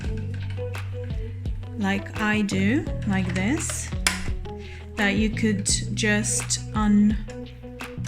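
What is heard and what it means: Someone talks over background music while handling the small plastic catch on the bobbin-area lid of a computerized sewing machine bed, with a few brief light taps and knocks. The lid is handled but not yet home; nothing has seated or clicked yet.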